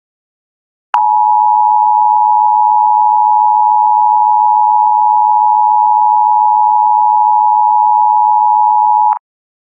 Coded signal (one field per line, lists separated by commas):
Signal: Emergency Alert System (SAME) tones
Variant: 853 and 960 Hz attention tone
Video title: Cancelled EAS Scenarios - What Was Left